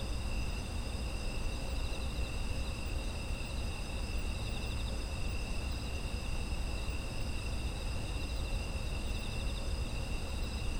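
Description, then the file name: Insect chorus of unbroken, shrill trills stacked at several pitches, one with a slow wavering pulse, above a low background hum. Autumn insect ambient sound. "秋の虫の環境音"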